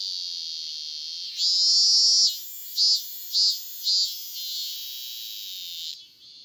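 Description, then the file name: Robust cicada song, a steady high shrill drone swelling into a loud burst and then three pulsed bursts about half a second apart before settling back to a continuous buzz. "cicada minmin"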